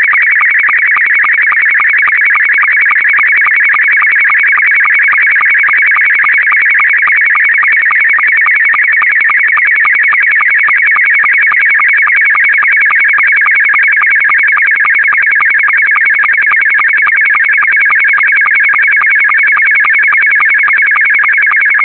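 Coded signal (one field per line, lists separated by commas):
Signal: SSTV (slow-scan television)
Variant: Scottie 2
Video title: Sending Photo Images through Audio Analog signal (SSTV Scottie 2)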